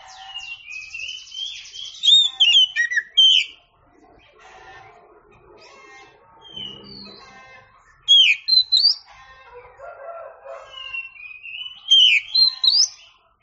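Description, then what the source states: Oriental magpie-robin song, a varied run of loud clear whistles, sweeping slurs and rattling trills, arriving in bursts separated by softer twittering and buzzy notes. Champion singing bird.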